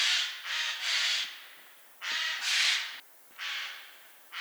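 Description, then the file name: Eurasian jay making a series of rasping screeches, some close together, with brief quiet gaps between them. "Garrulus glandarius"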